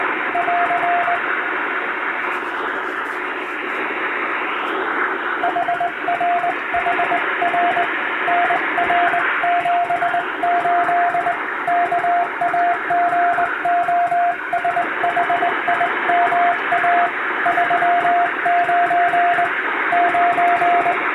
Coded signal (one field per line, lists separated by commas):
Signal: Morse code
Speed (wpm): 21 wpm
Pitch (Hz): 700 Hz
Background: radio noise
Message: <AR> HRHR NR78 KAGOSHIMA 39 9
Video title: 【モールス教室毎日開催中！】第１級無線通信士が打つ綺麗な手打ち欧文モールス信号です。アマチュア無線ハムの練習にもどうぞ(morse code practice radio operator )